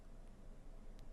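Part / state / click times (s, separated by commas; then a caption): plastic ink cartridge into a calligraphy pen section / not seated / none. A new plastic ink cartridge is slowly pushed by hand into the section of a parallel calligraphy pen. Only a low, steady background hiss is heard, with a faint brief tick near 1.0 s. Nothing has seated or snapped in yet.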